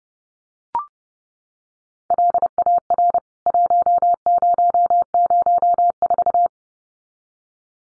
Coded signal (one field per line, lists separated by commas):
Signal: Morse code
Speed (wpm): 30 wpm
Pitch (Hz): 700 Hz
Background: none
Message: LAR 1004